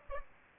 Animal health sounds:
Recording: mosquito wingbeat signal from an infrared sensor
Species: Aedes aegypti

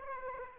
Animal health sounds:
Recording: mosquito wingbeat signal from an infrared sensor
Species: Aedes aegypti

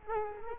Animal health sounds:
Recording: mosquito wingbeat signal from an infrared sensor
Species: Culex quinquefasciatus

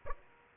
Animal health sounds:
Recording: mosquito wingbeat signal from an infrared sensor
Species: Aedes aegypti

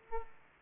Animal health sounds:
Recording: mosquito wingbeat signal from an infrared sensor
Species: Aedes aegypti

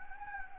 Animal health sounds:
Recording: mosquito wingbeat signal from an infrared sensor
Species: Anopheles gambiae

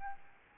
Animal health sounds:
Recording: mosquito wingbeat signal from an infrared sensor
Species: Aedes albopictus

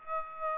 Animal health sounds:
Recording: mosquito wingbeat signal from an infrared sensor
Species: Aedes aegypti

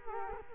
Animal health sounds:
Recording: mosquito wingbeat signal from an infrared sensor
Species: Culex quinquefasciatus

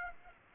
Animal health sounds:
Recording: mosquito wingbeat signal from an infrared sensor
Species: Aedes aegypti

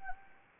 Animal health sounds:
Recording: mosquito wingbeat signal from an infrared sensor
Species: Anopheles arabiensis

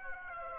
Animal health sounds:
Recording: mosquito wingbeat signal from an infrared sensor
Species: Aedes aegypti

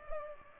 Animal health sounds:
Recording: mosquito wingbeat signal from an infrared sensor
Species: Culex pipiens

